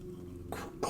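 The plastic ratcheting grip arm on a McFarlane action figure flight stand is adjusted to size it for the figure. It gives solid clicks at 0.5 s and 0.8 s as the grip ratchets closed and seats.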